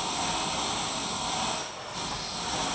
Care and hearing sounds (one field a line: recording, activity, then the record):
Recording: daily activity, microphone in the room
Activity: vacuum cleaning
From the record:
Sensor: 1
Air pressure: 999.3 hPa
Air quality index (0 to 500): 206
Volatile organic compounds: 48 ppm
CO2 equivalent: 3262 ppm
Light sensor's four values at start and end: 9/22/8/9 and 9/21/8/9